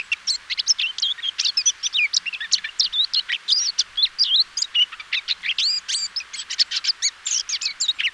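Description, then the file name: Eurasian blackcap song, a continuous fast warble of mixed sweet and scratchy notes, tumbling up and down with hardly a pause. "Sylvia atricapilla"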